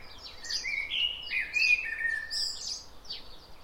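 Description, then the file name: Common blackbird giving one rich, rolling warbled phrase with high twittering flourishes. "Turdus merula"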